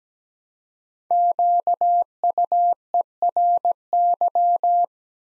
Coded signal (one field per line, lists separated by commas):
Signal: Morse code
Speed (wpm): 17 wpm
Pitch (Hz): 700 Hz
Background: none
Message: QUERY